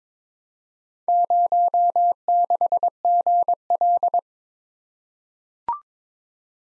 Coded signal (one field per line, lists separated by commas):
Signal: Morse code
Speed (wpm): 22 wpm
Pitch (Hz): 700 Hz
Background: none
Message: 06GL